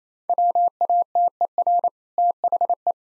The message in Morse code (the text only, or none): WATER THE